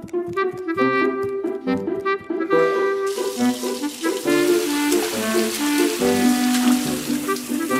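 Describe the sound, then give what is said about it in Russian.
Toy dolphin, boat and submarine splash and slosh about in a large basin of water in a bathroom, a steady churning wash of sound that turns brighter and more hissing partway through, with no talking. “Можно запускать наши игрушки в ванной.”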